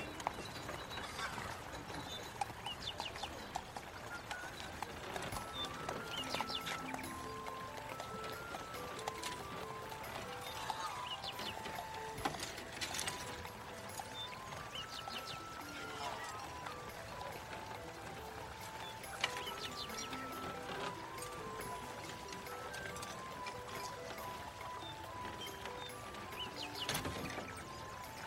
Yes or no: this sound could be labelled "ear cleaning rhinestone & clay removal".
no